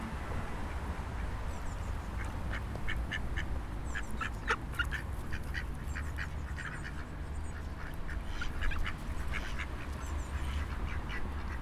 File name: freesound Ducks and a Siren near the Seine